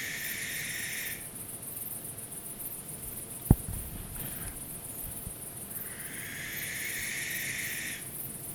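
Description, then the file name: Barn owl hissing screeches at start and end, each about two seconds of harsh noise, separated by quiet with one sharp click, insects trilling throughout. Recorded 12 August 2014. "2014-08-12 schleier-eule"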